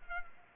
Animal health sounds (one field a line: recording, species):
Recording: mosquito wingbeat signal from an infrared sensor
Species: Culex pipiens